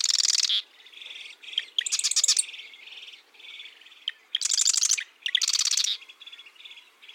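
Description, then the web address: Marsh wren singing a rapid jumble of harsh buzzes, rattles and clicking trills, the bursts running almost together with faint chatter filling the short gaps. Marsh wren of eastern genetic stock singing mixed songs; songs and genes point to two species in North America. "East genes mixed songs. songs and genes marsh wrens tell of two species in north america"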